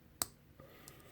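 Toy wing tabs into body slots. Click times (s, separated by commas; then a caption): 0.2 s. The plastic wings of a small transforming toy bird (WFC Siege Laserbeak) are folded in, and their tabs seat into slots in the body with a sharp, bright click at 0.2 s. A softer rustle follows around 0.6 s, with a faint tick near 0.9 s, and the wings are left tabbed in place.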